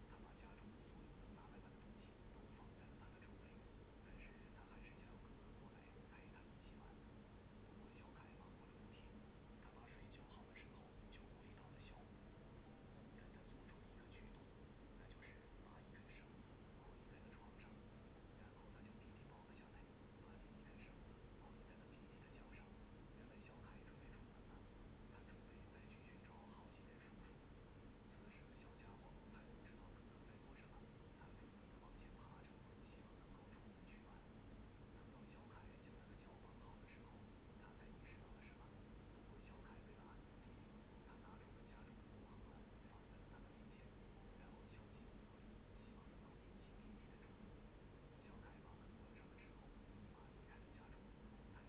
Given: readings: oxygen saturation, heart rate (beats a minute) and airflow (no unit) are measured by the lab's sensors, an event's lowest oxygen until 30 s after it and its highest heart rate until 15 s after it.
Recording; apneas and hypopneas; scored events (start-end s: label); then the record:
a person awake in a sleep study, by a voice recorder at the bedside; none
0.00-51.69 s: awake
From the record:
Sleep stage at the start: awake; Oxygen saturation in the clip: 94 to 95%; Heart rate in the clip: 75 to 79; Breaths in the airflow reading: 15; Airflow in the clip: -4.3 to 5.6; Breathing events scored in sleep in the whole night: 131 in 7.2 hours asleep